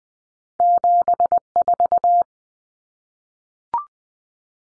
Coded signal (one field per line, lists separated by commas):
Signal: Morse code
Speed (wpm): 20 wpm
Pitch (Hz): 700 Hz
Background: none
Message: 74